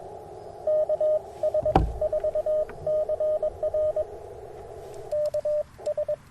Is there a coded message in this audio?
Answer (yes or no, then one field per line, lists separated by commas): yes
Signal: Morse code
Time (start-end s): 0.7-6.1 s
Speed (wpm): 22 wpm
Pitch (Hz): 610 Hz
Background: radio noise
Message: KS 4CR KS